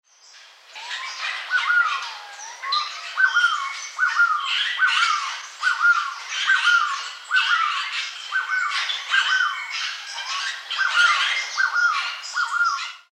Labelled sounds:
Crested Quetzal
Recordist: Tembrock, Günter
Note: Rufreihe

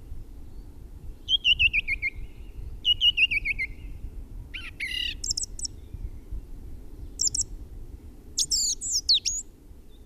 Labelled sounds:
Song Thrush song
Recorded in the wild
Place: DE
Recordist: Tretzel, Erwin

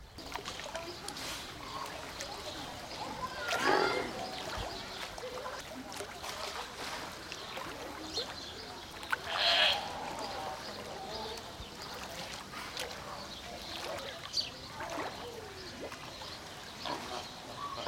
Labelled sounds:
Brown Fur Seal
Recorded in captivity
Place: Zoo Berlin, Berlin, DE
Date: 1992-06-06 11:31
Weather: sonnig, 24-28°C
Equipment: Nagra SN, Mikrofon AKG CK 8, Kopie Tesla B 116
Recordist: Tembrock, Günter

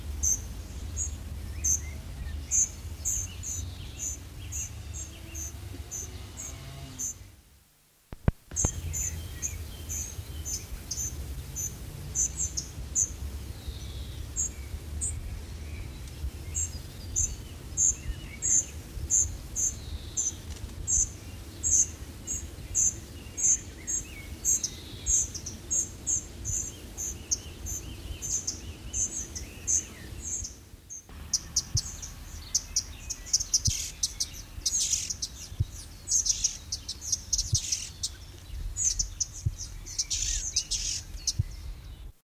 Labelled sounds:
Spotted Flycatcher call
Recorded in the wild
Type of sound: call
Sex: diverse
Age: diverse
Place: Krefeld, Friedhof, Nordrhein-Westfalen, DE
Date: 1974-06-28
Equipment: Halbspur, 9,5 cm/s
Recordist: Lütgens, Hans
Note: Junge vor dem Ausfliegen, Alte warnen und erregt

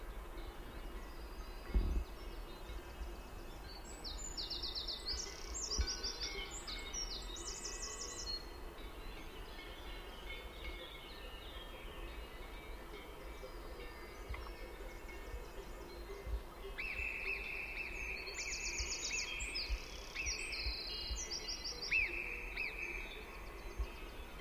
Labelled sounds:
Alpine Marmot alarm call
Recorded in the wild
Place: Brand, Alpen, Vorarlberg, AT
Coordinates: 47.0872, 9.70472
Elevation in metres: 1508
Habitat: alp
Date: 2010-07-20
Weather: fair, 20°C, weak winds
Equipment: Sound Devices 702, Sennheiser MKH 70, Rycote Windschutz
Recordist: Frommolt, Karl-Heinz

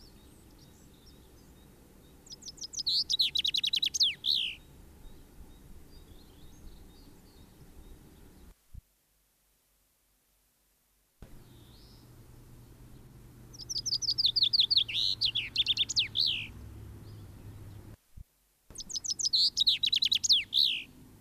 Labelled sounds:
Common Chaffinch song
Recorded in the wild
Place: Garmisch-Partenkirchen, Bayern, DE
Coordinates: 47.4931, 11.0636
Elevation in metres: 784
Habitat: mountains
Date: 1968-04-20
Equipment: Nagra
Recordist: Tretzel, Erwin

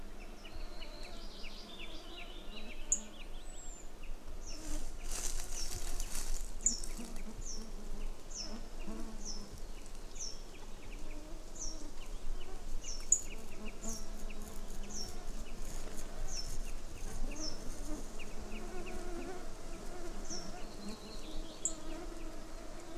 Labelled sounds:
Brambling
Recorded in the wild
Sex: male
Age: adult
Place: Halbinsel Kindo, Karelien, RU
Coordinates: 66.5472, 33.0439
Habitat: taiga
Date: 1994-06-23 18:21
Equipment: Sony TCD-D3, Sennheiser ME 80, K 30 AV (I), Windschutz
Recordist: Frommolt, Karl-Heinz

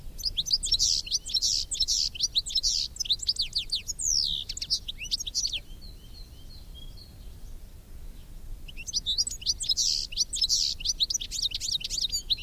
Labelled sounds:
European Goldfinch song
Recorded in the wild
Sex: male
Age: adult
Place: Nürnberg, OT Kleingründlach, Bayern, DE
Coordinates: 49.5339, 10.9978
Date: 1964-06-07
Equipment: Vollspur
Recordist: Tretzel, Erwin
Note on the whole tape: Kleingründlach, Männchen: Gesang

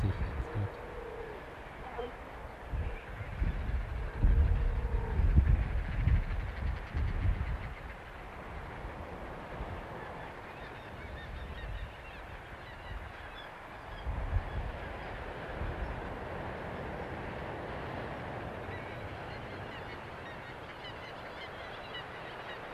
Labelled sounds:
Arctic Fox
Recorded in the wild
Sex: male
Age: adult
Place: Insel Mednyi, Kommandeur-Inseln, RU
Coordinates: 54.5167, 168.083
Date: 1999-06-28 17:08
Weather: bedeckt, kein Nebel, 8°C, fast windstill
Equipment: Sony WM-D6C, Sennheiser MKH 70, Windkorb, Kopie Tascam DA 30
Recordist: Frommolt, Karl-Heinz
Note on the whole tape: Südosten der Insel, Schluchten bei Tschaschnyi: Der unmarkierte Polarfuchsrüde (Alopex lagopus) steht auf, putzt sich (putzt Kopf mit linker Vorderpfote), äußert dann Bellstrophen. Die ersten Bellstrophen werden im Sitzen geäußert. Das Tier steht dann auf und entfernt sich in südlicher Richtung. Die Fähe Weiß/Gelb 33 reagiert nicht auf die Bellstrophen. Entfernung anfangs 20 m, am Schluß 100 m

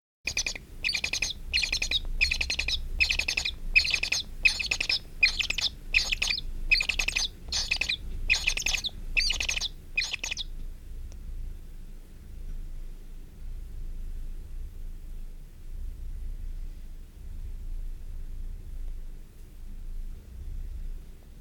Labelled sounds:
Tawny Owl call
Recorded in the wild
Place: Blumenholz, Mecklenburg-Vorpommern, DE
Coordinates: 53.453, 13.186
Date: 1980-05-06
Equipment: Nagra III BH, Sennheiser MD 21
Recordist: Schubert, Michael

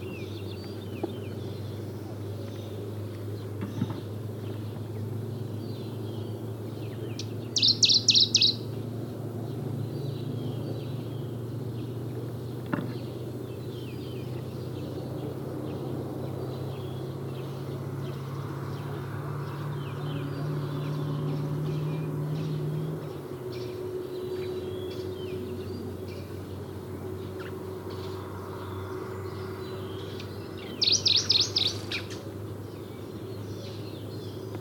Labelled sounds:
Dusky Warbler
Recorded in the wild
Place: Ulan Bator, MN
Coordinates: 47.886, 106.906
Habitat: Park
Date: 1979-06-05 05:55
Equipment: Nagra III BH, Sennheiser MD 21, parabola
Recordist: Schubert, Michael

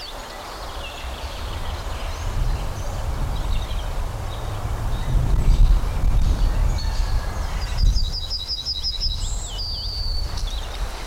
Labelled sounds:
Yellowhammer
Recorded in the wild
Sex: male
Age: adult
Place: Schildow, NSG, Kalktuffgelände am Tegeler Fließ (NSG Schildow), Berlin, DE
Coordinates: 52.642, 13.37
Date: 1993-04-20 11:15
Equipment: Sony WM-D6C, Sennheiser ME 80, K 30 AV, Kopie Tascam 22-2
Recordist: Quaisser, Christiane

